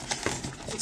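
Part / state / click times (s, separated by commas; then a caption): plastic leg into action figure hip socket / not seated / none. The second plastic leg of a Marvel Legends Sauron Build-A-Figure (Deadpool Wave 2) is pushed into its hip socket, with only faint soft rubbing and handling noise and a small bump around 0.3 s. The leg goes in softly and nothing has seated or clicked yet.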